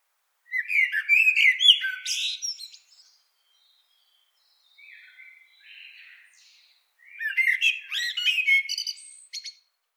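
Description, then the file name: Common blackbird giving two rich warbled phrases, each mellow and fluty with squeaky high flourishes, separated by soft, quieter notes. "Turdus merula"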